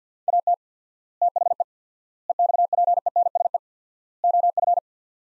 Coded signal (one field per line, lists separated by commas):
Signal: Morse code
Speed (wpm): 50 wpm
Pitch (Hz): 700 Hz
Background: none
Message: AT THE EXPENSE OF